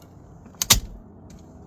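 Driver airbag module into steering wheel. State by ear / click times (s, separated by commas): seated / 0.6 s, 0.7 s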